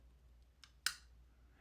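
The blade of a Chris Reeve Knives Large Sebenza 21 folding pocketknife with carbon fiber inlays is opened, with a faint tick at 0.6 s. It locks into the frame lock with a sharp, soft thud at 0.9 s, a sound unique to the Sebenza. The blade is seated and locked open.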